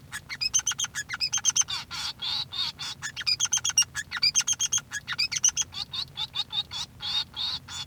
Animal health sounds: song of a male Bengalese finch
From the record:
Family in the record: son of father 3

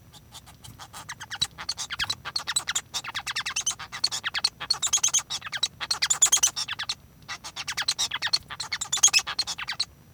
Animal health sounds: song of a male Bengalese finch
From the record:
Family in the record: son of father 1

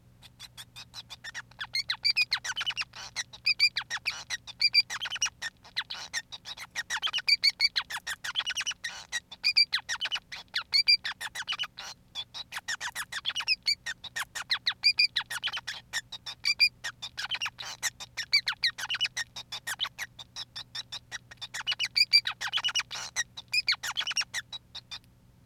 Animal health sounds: song of a male Bengalese finch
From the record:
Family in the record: son of father 5

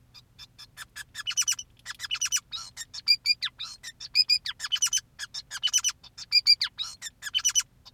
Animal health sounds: song of a male Bengalese finch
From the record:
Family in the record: son of father 2, and himself father 5

